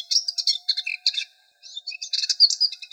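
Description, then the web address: Subalpine warbler giving rapid scratchy chattering calls, dense bursts of high twittering notes with a brief pause midway before resuming. "Sylvia cantillans"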